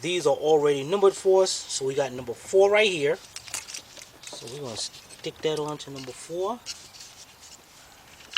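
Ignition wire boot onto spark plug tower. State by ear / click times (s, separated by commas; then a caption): not seated / none. Someone talks while handling the number four ignition wire, pre-numbered and part of a good-quality set, to fit its boot onto the number four spark plug/coil tower of a Volkswagen Beetle during a head gasket and timing belt job. Brief rubbing and handling noises come around 3.5 to 4.3 s, and the clip ends before the boot is pushed down; nothing has seated or clicked yet.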